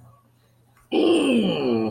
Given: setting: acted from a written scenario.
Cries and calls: vocal sound without words; pain

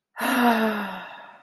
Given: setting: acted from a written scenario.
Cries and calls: vocal sound without words; relief

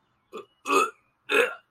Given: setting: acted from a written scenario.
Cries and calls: vocal sound without words; disgust

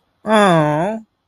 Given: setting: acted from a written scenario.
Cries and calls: vocal sound without words; adoration

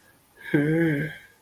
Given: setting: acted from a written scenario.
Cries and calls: vocal sound without words; desire

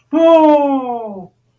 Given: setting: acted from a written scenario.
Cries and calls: vocal sound without words; positive surprise

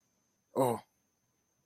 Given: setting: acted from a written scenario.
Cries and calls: vocal sound without words; fear

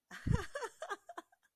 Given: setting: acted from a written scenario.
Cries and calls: vocal sound without words; amusement

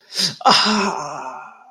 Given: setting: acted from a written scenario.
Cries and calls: vocal sound without words; pain

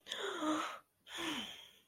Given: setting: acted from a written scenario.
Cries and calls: vocal sound without words; distress

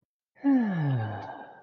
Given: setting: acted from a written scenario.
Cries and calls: vocal sound without words; contentment

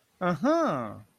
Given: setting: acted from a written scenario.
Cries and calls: vocal sound without words; realization

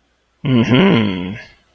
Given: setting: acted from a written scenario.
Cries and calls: vocal sound without words; realization

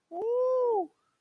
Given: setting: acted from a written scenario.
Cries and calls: vocal sound without words; triumph

